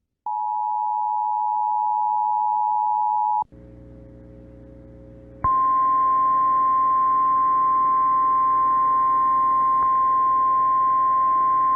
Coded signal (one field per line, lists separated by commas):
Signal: Emergency Alert System (SAME) tones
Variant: 853 and 960 Hz attention tone